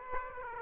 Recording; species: mosquito wingbeat signal from an infrared sensor; Aedes aegypti